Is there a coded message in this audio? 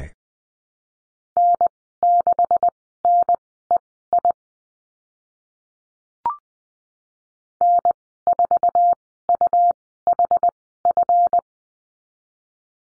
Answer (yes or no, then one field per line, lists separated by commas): yes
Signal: Morse code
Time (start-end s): 1.4-11.4 s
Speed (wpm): 20 wpm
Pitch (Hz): 700 Hz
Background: none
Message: N6NEI N4UHF